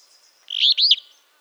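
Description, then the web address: Northern Beardless-Tyrannulet song, a brief high phrase: rapid stuttering start then two emphatic arched notes, with a faint high hum running behind. "cantos mosquetaboreal"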